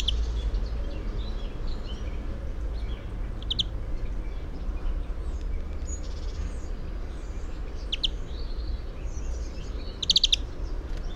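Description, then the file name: European greenfinch calls: brief stuttering bursts of hard, bright notes recurring several times, over constant low background noise. "Chloris chloris"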